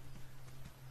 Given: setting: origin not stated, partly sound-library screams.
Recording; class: one-second piece from a danger detection set; normal situation